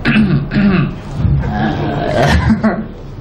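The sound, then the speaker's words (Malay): A voice imitates throat clearing with several gruff, voiced "ahem" bursts in a loose rhythm, fairly loud, with a rougher stretch in the middle before a final short clearing, imitating Imam Ahmad bin Hanbal clearing his throat while seated. “Kan, siapa dia duduk berdehem tu?”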